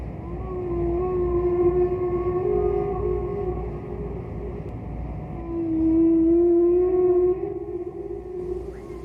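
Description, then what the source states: Whale calls: long, sustained low moans with stacked overtones, holding steady pitch with slight bends, swelling louder twice across the stretch. Played as an example of animals in the water that make special sounds; whales are mammals, not fish.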